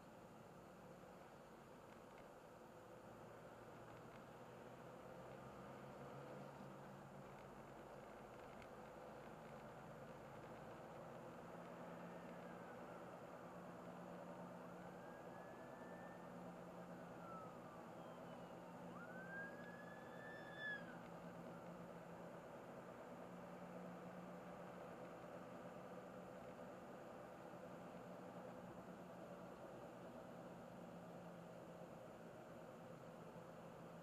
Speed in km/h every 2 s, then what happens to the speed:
41, 44, 53, 54, 61, 65, 65, 65, 65, 65, 65, 66, 67, 67, 67, 64, 62.
0-10 speeds up to 65. 10-28 steady at about 65.